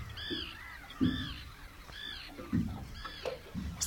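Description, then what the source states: Common tern giving repeated grating, arched calls, with low knocking sounds beneath. Heard from a slowly gliding boat on shallow water at Lake Hjälmaren in the morning; the tern arrived carrying a bleak in its bill.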